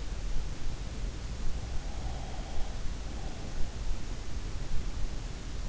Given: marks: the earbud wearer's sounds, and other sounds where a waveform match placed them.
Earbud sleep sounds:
sounds in sleep by an in-ear microphone; breath
1.94-3.47 s: breath

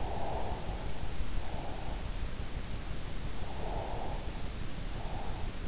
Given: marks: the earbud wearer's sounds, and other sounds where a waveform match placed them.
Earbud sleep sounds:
sounds in sleep by an in-ear microphone; breath
0.00-1.99 s: breath
3.74-5.45 s: breath

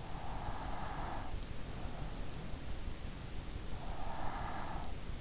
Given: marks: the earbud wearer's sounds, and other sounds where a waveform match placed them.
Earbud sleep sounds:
sounds in sleep by an in-ear microphone; breath
0.00-1.52 s: breath
3.78-4.88 s: breath

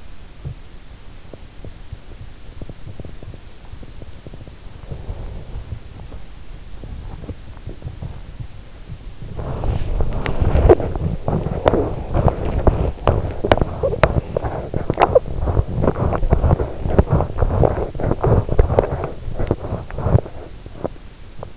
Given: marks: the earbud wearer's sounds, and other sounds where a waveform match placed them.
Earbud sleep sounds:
sounds in sleep by an in-ear microphone; teeth grinding
0.00-21.57 s: teeth grinding

